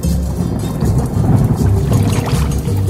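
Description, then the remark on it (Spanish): Rainwater being collected pours and splashes in a steady, loud rush with a deep rumbling low end, continuous for the whole stretch and with no voices. “Recogiendo agua de lluvia, ¿no ve?”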